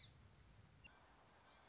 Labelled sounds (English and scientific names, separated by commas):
Song Sparrow (Melospiza melodia)